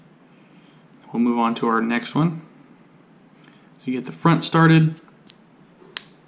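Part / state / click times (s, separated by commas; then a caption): bushing into drone frame camera mount / seated / 6.0 s. Someone talks while starting the front edge of a bushing and pressing it into the camera mount of an FPV racing drone frame. A sharp snap at 5.9 s marks the bushing seating, so it should now sit flush.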